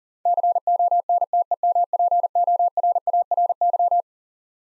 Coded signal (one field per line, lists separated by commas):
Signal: Morse code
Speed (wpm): 40 wpm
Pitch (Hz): 700 Hz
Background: none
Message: CONTEMPORARY